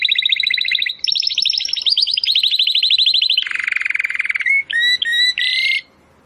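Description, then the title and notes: Domestic canary singing fast trills that step up and down in pitch, ending with a few clear whistled notes. Belgian canary (Canário Belga), titled 'Campainha' (bell), singing. "Canário Belga Campainha Canary Singing. Canario Belga Cantando"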